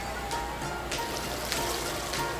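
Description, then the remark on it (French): Water laps softly around a boat hull, with irregular small splashes and trickles over a steady watery hiss. The sound stays even and fairly quiet, with no voices. “Qu'est-ce qu'ils ont fait, les vagues?”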